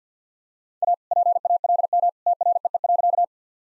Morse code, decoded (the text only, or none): A PALM TREE.